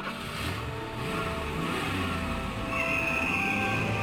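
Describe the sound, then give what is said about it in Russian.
A car pulls away sharply at night from in front of Berlach's house in Altenberg, its engine roaring and revving higher over a dense, steady rumble, with a thin whine rising near the end. No voices are heard. “Машина резко рванула с места, и Берлах смотрел на быстро удаляющиеся задние огни, пока они не исчезли за поворотом.”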